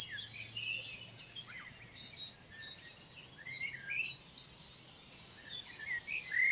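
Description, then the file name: European robin sounds: a thin, high, slightly falling whistle, then a quick run of sharp ticking notes, amid scattered chirps and warbles. "Erithacus rubecula"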